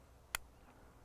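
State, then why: Seated. The objective module of a Swarovski Optik ATX/STX spotting scope is twisted onto the eyepiece module's bayonet mount, and a single sharp, brief click sounds at 0.4 seconds as the knob drops into place. The two modules are now seated and fixed together.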